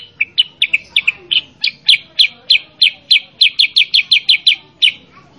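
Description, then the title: Sooty-headed bulbul delivering a fast, slightly uneven stream of short falling chirps, ending with a last note after a brief gap. Masteran recording of energetic 'gacor' sooty-headed bulbul chirping, used to train cage birds to respond and imitate. "Masteran Kutilang Sutra. Kutilang Sutra mana YANG GAK NYAUT dan IKUT BUNYI GACOR dengan suara Kutilang Sutra Super GACOR Ini"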